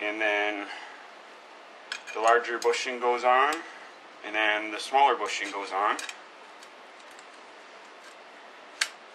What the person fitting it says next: and it snaps into place and then it's ready to go back into the fork tube